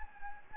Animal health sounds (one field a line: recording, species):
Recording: mosquito wingbeat signal from an infrared sensor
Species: Anopheles gambiae